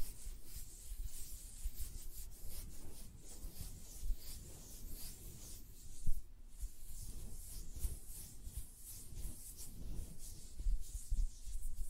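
Hand sounds: a dense, continuous rubbing and brushing texture with a soft hiss on top and a low rumble underneath, broken by quick irregular flutters and light taps. One louder brush stands out around the six-second mark, and the level stays fairly even otherwise.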